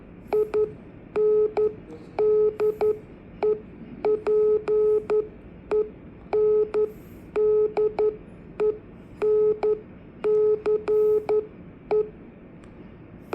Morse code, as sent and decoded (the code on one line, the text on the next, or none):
.. -. -.. . .--. . -. -.. . -. -.-. .
INDEPENDENCE